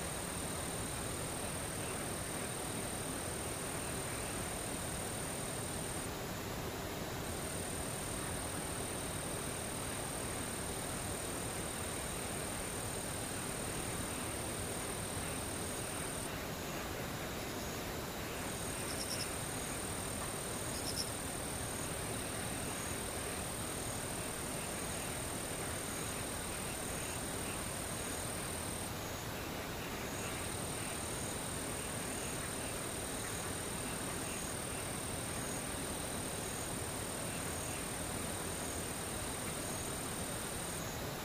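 Insects keep up a thin, piercing trill high in pitch, holding steady for long stretches with short breaks near 6, 17 and 29 seconds. Beneath them runs a dense, constant rumble, like traffic or a passing train, level throughout.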